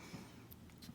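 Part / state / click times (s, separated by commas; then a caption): top cap onto vape tank / not seated / none. A top cap is being fitted onto a vape tank, which is done by pressing it down and twisting until it locks. Low handling noise is broken by brief, faint ticks at about 0.5, 0.7 and 0.8 seconds. The cap has not yet seated or clicked into place.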